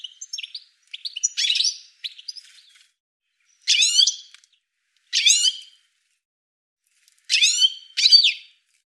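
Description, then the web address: Bird giving loud, harsh, scratchy call bursts, a cluster of notes at first, then separate rasping calls spaced about one to two seconds apart. "cianscape birddata"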